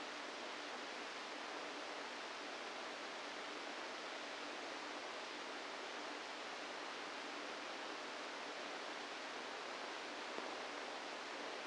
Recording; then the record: brain microelectrode recording played as sound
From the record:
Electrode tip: inside the subthalamic nucleus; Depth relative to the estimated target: -2 mm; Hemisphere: right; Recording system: NeuroSet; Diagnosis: Parkinson's disease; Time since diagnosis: 7 years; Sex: female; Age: 68 years